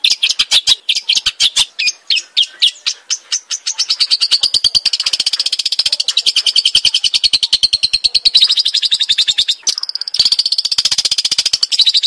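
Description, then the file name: Long-tailed shrike calling in a rapid, rasping stutter: slower separate notes at first, then a tight continuous chatter with one brief break near the end. Call in the 'rapat' style. "suara cendet rapat omkicau"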